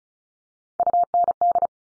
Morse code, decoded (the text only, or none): UND